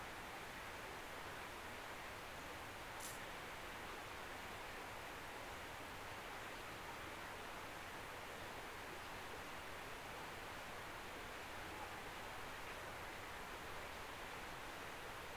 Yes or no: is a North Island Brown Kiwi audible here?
no